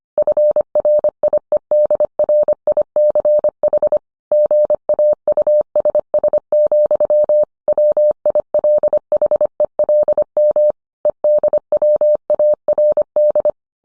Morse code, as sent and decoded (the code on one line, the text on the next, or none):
..-. .-. .. . -.. .-. .. -.-. .... / --. .- ..- ... ... --..-- / .-- .. .-.. .... . .-.. -- / . -.. .-- .- .-. -..
FRIEDRICH GAUSS, WILHELM EDWARD